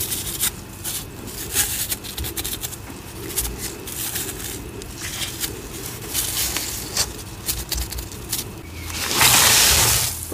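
Powder play with cornstarch and citric acid: a dense, irregular run of fine crackling ticks and crunchy squeaks, with sharper bright clicks every second or so. A low rumble sits underneath, and near the end a loud hissing, pouring sizzle swells up.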